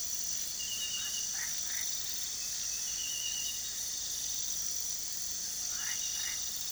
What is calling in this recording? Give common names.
none